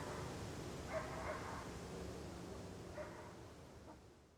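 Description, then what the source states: Dog barking: a pair of short barks near the one-second mark, then single barks at about three and four seconds, over a steady low outdoor rumble. Outdoor ambience, barking.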